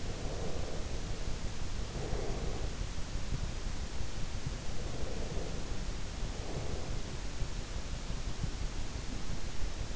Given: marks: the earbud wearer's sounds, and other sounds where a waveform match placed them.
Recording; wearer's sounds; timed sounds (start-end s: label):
sounds in sleep by an in-ear microphone; breath
0.00-3.00 s: breath
4.91-7.27 s: breath